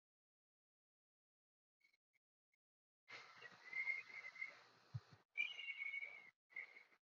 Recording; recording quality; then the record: deep breathing; excellent, no background noise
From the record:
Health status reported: exposed to COVID-19, no respiratory illness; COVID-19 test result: negative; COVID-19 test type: RT-PCR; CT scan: not taken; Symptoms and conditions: cough, fever, loss of smell and taste, another respiratory illness, another condition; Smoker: yes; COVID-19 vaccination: both doses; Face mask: worn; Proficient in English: yes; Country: India